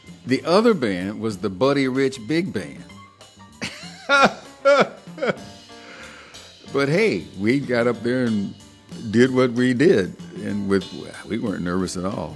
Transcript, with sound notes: The other band was The Buddy Rich Big Band! (big laugh) But hey, we got up there and did what we did. We weren't nervous at all.